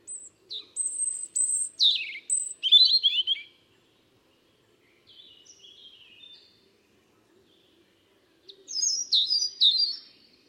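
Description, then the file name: European robin song: high thin whistles and tumbling notes, a softer quiet phrase in the middle, then another bright, jangling burst of notes. "Erithacus rubecula"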